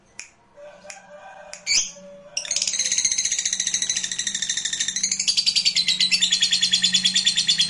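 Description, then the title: Lovebird: a few scattered short chirps, then from about two and a half seconds a sustained fast, buzzy chattering song, with a low hum beneath. Used to stimulate a lazy, quiet lovebird into singing. "LOVEBIRD Malas Bunyi JADI GREGET SPONTAN Langsung NARIK"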